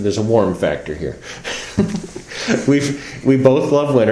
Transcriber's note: laughter